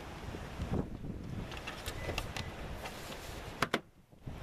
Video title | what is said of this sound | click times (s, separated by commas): Jeep Patriot (2009) Rear Turn Signal | these two are gonna go in here snaps | 3.6 s, 3.7 s